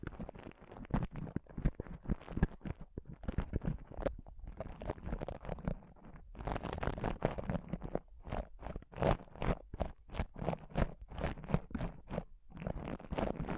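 Close-up mic scratching and touching: a dense run of quick, crunchy strokes and taps, each one rough and bright with a low thump beneath. The rhythm is fast and uneven, broken by brief pauses near four, six and twelve seconds.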